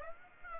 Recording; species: mosquito wingbeat signal from an infrared sensor; Aedes aegypti